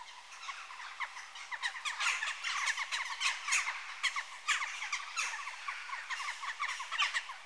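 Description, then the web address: Western jackdaw flock in a dense chorus of quick, clipped chattering calls, rising and falling in loudness throughout. Adult birds. "BBC Sound Effects Library (Birds) Jackdaw (Corvus Monedula) Adults"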